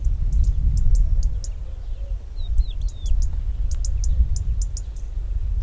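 White-throated robin: a string of high, dry tick calls repeated several times a second, broken midway by a few short slurred whistled notes, all over a deep rumbling background.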